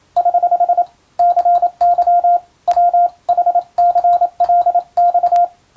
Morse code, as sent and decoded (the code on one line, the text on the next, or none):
........ / -.-. -.-- / .-- .... -.-. .-.. -..-
<HH> CY WHCLX